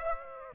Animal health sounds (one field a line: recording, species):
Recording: mosquito wingbeat signal from an infrared sensor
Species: Aedes aegypti